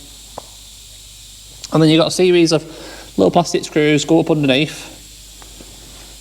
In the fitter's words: so that should just click in place um